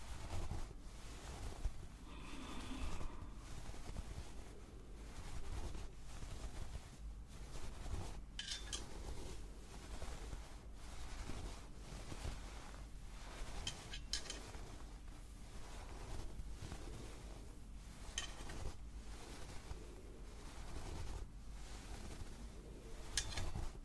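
Fingers massaging a scalp make repeated scratchy rustles over a constant low, wind-like rushing layer that continues throughout with little change.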